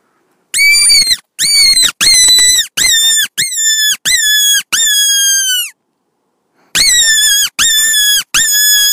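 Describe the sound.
Fox giving a run of seven shrill, squealing yelps with short gaps, a pause of about a second, then three more similar yelps.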